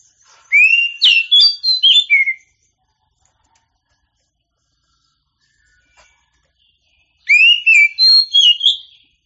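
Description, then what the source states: Oriental magpie-robin singing two rich whistled phrases of rising and slurred notes, with a long silent gap between them. Champion songbird.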